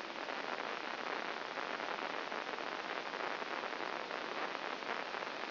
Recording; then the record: brain microelectrode recording played as sound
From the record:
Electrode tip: inside the subthalamic nucleus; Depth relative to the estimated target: -1 mm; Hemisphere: left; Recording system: AlphaMap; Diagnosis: Parkinson's disease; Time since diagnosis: 10 years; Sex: female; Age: 63 years